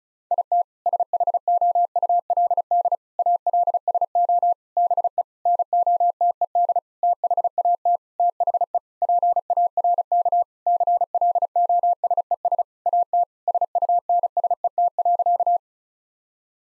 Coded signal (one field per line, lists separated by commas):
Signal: Morse code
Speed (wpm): 34 wpm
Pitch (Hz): 700 Hz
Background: none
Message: IT SHOULD ALSO BE NOTED THAT THE PARK CLOSES AT SUNSET.